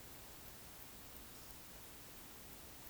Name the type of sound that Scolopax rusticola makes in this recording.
whistle